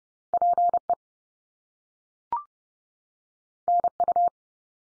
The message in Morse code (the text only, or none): PE NU